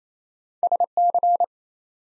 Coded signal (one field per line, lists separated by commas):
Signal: Morse code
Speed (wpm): 27 wpm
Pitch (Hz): 700 Hz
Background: none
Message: SC